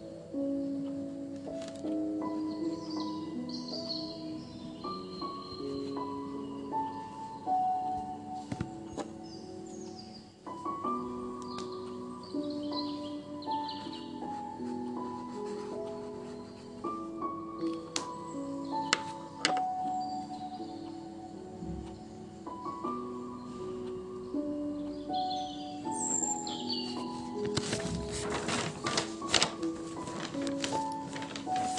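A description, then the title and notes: Slow piano chords and single notes play steadily throughout, with a pause near ten seconds. Birds chirp lightly in the background, and from about twenty-seven seconds a dense patter of crackling, rain-like taps grows louder over the music. Piano edition with rain first then forest sounds(No pencil asmr).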